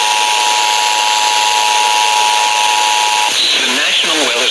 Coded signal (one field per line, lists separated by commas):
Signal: Emergency Alert System (SAME) tones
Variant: 853 and 960 Hz attention tone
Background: speech